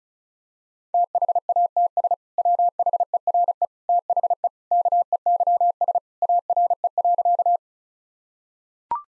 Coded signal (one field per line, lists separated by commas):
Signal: Morse code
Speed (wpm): 36 wpm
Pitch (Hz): 700 Hz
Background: none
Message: THATS WHERE THE KEYS ARE.